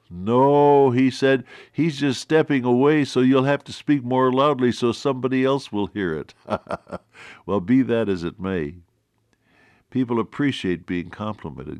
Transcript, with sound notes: No,” he said, “he’s just stepping away so you’ll have to speak more loudly, so somebody else will hear it.” (Laughs) Well be that as it may, people appreciate being complimented.